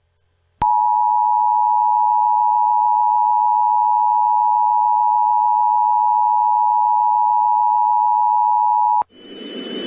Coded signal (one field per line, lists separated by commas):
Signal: Emergency Alert System (SAME) tones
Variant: 853 and 960 Hz attention tone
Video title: EAS Scenario #3: Team Rocket